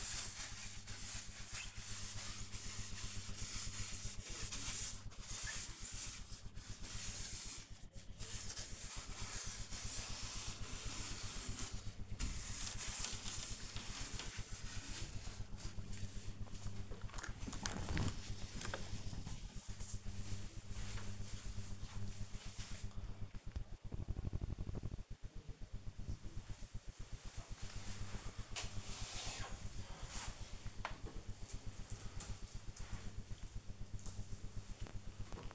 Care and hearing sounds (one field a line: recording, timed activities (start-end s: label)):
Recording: household activities, microphone on the right wrist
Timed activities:
0.00-15.88 s: window cleaning
19.98 s: note: voice